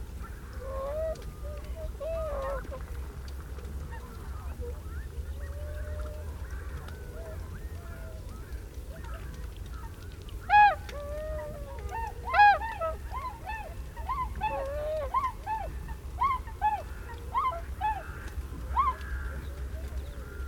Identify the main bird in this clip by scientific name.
Cygnus columbianus